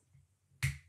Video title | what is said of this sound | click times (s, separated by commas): Live 20th December 2020 - How To Foil With A ScanNCut (Any Model) | and i'm just going to push it into this holder until i hear it click into place | 0.6 s